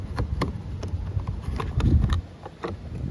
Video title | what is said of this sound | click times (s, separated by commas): How to Install Speakers: Ford F150, 2013 - front doors | it also just snaps in place | 0.4 s, 1.8 s